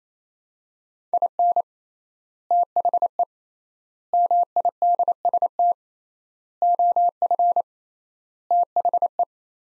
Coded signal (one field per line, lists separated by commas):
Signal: Morse code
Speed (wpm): 28 wpm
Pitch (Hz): 700 Hz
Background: none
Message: IN THE MIDST OF THE